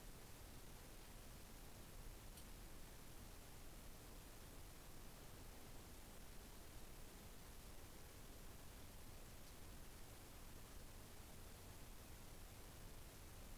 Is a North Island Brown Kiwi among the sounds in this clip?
no